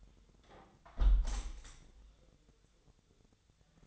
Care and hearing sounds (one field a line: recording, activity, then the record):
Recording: daily activity, microphone in the room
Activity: close window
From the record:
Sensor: 3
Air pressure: 1014.9 hPa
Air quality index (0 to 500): 30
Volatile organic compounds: 1 ppm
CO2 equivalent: 531 ppm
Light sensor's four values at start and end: 10/23/9/9 and 10/23/9/9